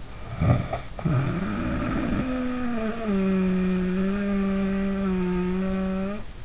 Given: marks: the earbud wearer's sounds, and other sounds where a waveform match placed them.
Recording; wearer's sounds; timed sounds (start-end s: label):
sounds in sleep by an in-ear microphone; snoring breath
0.00-6.34 s: snoring breath